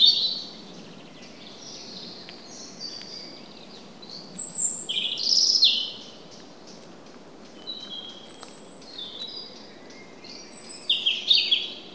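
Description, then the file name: European robin song: thin, high, varied warbling phrases with sliding whistles and quick trills, delivered in separate bursts with pauses between, over a steady low background hiss. "Erithacus rubecula"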